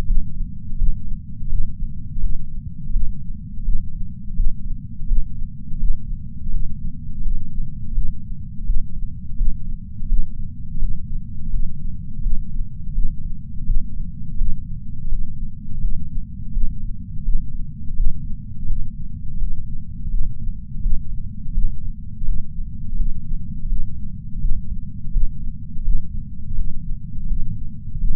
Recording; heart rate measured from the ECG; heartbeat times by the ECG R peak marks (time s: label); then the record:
heart sounds by patch sensor on the chest; 84 bpm
0.08 s: heartbeat
0.79 s: heartbeat
1.50 s: heartbeat
2.22 s: heartbeat
2.93 s: heartbeat
3.66 s: heartbeat
4.37 s: heartbeat
5.08 s: heartbeat
5.80 s: heartbeat
6.53 s: heartbeat
7.24 s: heartbeat
7.95 s: heartbeat
8.67 s: heartbeat
9.38 s: heartbeat
10.09 s: heartbeat
10.81 s: heartbeat
11.52 s: heartbeat
12.23 s: heartbeat
12.95 s: heartbeat
13.67 s: heartbeat
14.39 s: heartbeat
15.11 s: heartbeat
15.83 s: heartbeat
16.54 s: heartbeat
17.26 s: heartbeat
17.97 s: heartbeat
18.69 s: heartbeat
19.40 s: heartbeat
20.11 s: heartbeat
20.83 s: heartbeat
21.55 s: heartbeat
22.27 s: heartbeat
22.98 s: heartbeat
23.70 s: heartbeat
24.42 s: heartbeat
25.14 s: heartbeat
25.85 s: heartbeat
26.57 s: heartbeat
27.29 s: heartbeat
28.01 s: heartbeat
From the record:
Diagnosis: coronary artery disease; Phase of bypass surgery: postoperative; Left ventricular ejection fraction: 63%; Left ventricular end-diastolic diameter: 47 mm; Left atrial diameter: 42 mm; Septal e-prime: 6.9 cm/s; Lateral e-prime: 10.4 cm/s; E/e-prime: 10.3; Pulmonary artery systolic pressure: 20 mmHg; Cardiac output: 7.8 L/min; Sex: female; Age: 70 years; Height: 164 cm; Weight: 70 kg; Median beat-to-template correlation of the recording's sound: 0.88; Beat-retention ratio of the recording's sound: 1.00